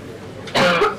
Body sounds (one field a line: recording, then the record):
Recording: coughing mixed with background sound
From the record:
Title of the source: Barking cough - # 10